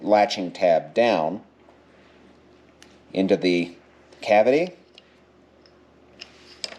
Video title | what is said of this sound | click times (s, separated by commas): Penny Build, Phase 4: Crafting a New Fuse Box for All These Accessories | and just keep pushing it in until it clicks | 6.6 s